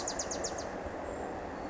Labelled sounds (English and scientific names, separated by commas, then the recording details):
Bewick's Wren (Thryomanes bewickii)
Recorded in Sonoma County, California